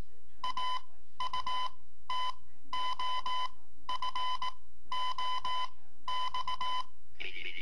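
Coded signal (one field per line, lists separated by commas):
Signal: Morse code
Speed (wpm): 18 wpm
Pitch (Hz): 1010 Hz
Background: speech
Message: AUTOFOX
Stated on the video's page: Automated fox-hunt transmitter driven by a Raspberry Pi.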